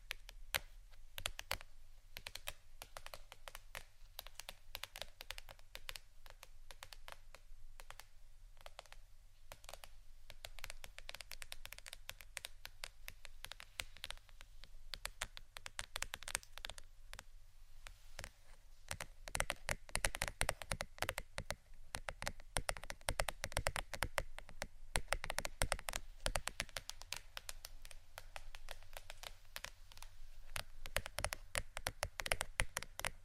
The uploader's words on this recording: ASMR Soft TAPPING for Sleep 3Dio （No Talking）.